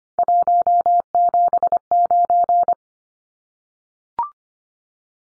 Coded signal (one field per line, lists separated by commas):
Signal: Morse code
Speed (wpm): 25 wpm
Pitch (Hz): 700 Hz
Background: none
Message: 179